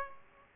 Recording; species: mosquito wingbeat signal from an infrared sensor; Aedes aegypti